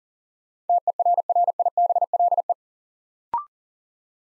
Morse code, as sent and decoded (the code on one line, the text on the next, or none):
- . .-. .-. .. -... .-.. .
TERRIBLE